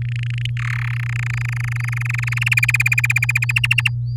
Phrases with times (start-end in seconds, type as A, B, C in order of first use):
0.02-0.50 A, 0.57-0.95 B, 0.96-2.54 C, 2.57-3.52 D, 3.56-3.89 E